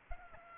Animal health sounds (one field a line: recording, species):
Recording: mosquito wingbeat signal from an infrared sensor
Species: Aedes albopictus